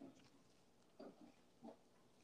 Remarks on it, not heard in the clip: I'm sure she has croup after a cold, possibly after the viral infection that's going around in New Zealand.